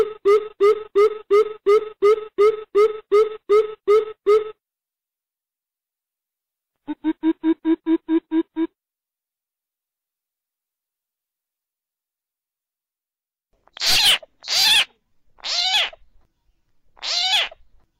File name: Tieng chim bim bip keu